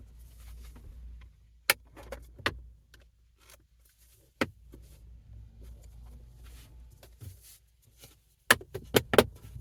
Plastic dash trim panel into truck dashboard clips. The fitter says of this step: It's all nicely snapped back in place, and then we need to not forget the 1 7mm screw.